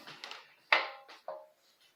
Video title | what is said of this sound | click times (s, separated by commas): Leonard washing machine | let go of the button and she locks in | 0.7 s